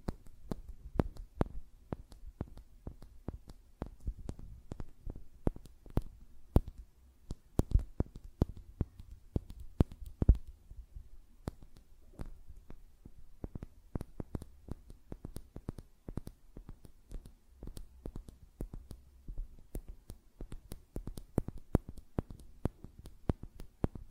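Fingernails tap and flutter in quick, irregular bursts, each click short and sharp with a bright top. The taps come densely throughout, sometimes in rapid clusters, with brief pauses between runs, over a faint low rumble.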